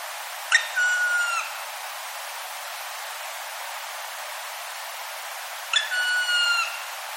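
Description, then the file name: Black Woodpecker uttering two drawn-out ringing notes about five seconds apart, each starting with a brief sharp onset; soft hiss fills the gaps. "kumagera"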